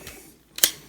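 A spring-loaded plastic sword on a Maketoys MTRM-10 Galaxy Meteor transforming robot toy flips out of its jet-mode mount when a button on top is pushed. A faint early tick is followed by two sharp clicks at 0.6 s and 0.6 s as the sword snaps out and locks into place.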